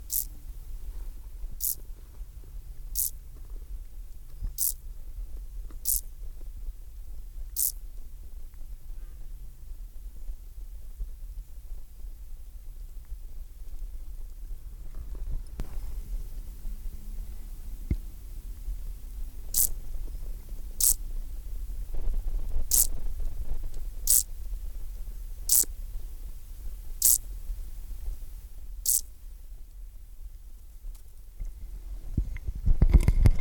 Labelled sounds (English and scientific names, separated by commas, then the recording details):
Field Grasshopper (Chorthippus brunneus) stridulation
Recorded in the wild
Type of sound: stridulation
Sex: male
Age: imago
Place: Schluft, Schorfheide, Brandenburg, DE
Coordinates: 52.95, 13.45
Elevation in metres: 71
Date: 1996-08-04 13:53
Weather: wolkig, 14-17°C
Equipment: Sony MD-WM MZ-R3, Sennheiser ME 80, Kopie Uher 4000 Report Monitor
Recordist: Tembrock, Günter
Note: Männchen (allein): Stridulation. Am Großen Glasowsee